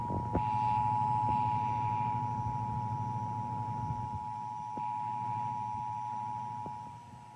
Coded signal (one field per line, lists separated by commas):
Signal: Emergency Alert System (SAME) tones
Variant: 853 and 960 Hz attention tone